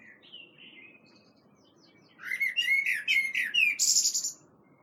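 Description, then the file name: Common blackbird song: a soft fluted warble that fades, then a louder run of rich whistled notes ending in a high, squeaky twitter. "Turdus merula"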